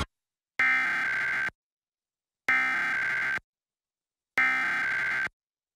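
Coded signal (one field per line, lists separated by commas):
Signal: Emergency Alert System (SAME) tones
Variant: header bursts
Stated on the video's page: Emergency alert tests recorded off air from various broadcast stations, some from long unattended recordings.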